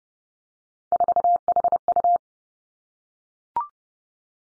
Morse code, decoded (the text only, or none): 4HU